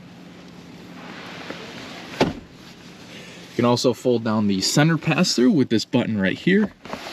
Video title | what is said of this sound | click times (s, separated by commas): 2022 Audi SQ5 (Premium Plus) - Features Review & POV Road Test | and it'll kind of just fold down flat and it'll click into place you | 2.2 s